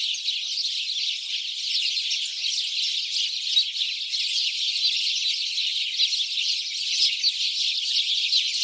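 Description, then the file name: House sparrows chattering nonstop, many overlapping sharp chirps forming a steady, dense high-pitched wall of sound throughout. "Passer domesticus"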